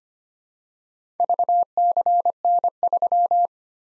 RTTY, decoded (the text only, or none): none